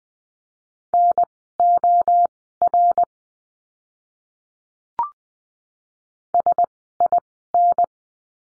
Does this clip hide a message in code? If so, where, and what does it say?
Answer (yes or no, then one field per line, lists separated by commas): yes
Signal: Morse code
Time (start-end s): 0.9-7.8 s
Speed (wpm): 20 wpm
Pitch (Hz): 700 Hz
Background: none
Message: NOR SIN